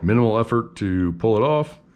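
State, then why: Not seated. A rubber/plastic hose protector cuff is handled at the base of a Mares Atlas ADJ 62X TBP scuba regulator hose fitting, where it comes off with minimal effort. Only someone talking is heard, with no distinct click or snap. Nothing has seated or clicked yet; the cuff is not yet pushed back home.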